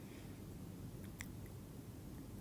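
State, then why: Seated. A plastic clip fastener is pushed into a slot joining flat plastic panels of an electronics enclosure. One short, sharp click at 1.2 s stands out against a steady low background hum, and the clip is seated, snapped in place.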